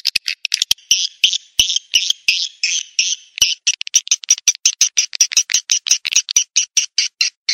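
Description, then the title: Swiftlet calls: a few sharp clicks, then a steady run of short buzzy chirps repeated rapidly, mixed with more clicks. "Suara Burung Wallet"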